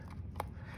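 The plastic drive shaft of an Arrma BLX v3 RC truck (Big Rock, Granite, Senton or Typhon) is compressed against its spring-loaded end and pushed into the outdrive/bearing carrier. A faint tick comes at 0.1 s, then a sharp, short snap at 0.4 s as the shaft pops into place by the bearing. The shaft is seated, with a low steady hum underneath throughout.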